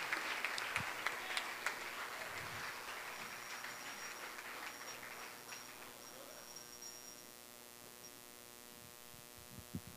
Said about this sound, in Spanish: Fuerte el aplauso.